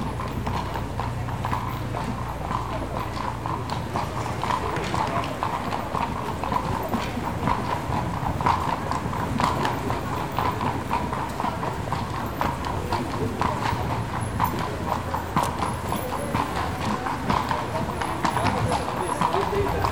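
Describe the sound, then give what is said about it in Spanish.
Horse hooves clip-clop steadily on pavement as a horse-drawn carriage rolls along in Vienna, Austria, the rhythmic clatter running throughout over a constant murmur of street noise and background voices. “Estos eran los carruajes de caballos en Viena, en Austria, un lugar muy lejano que hemos podido visitar por unos momentos”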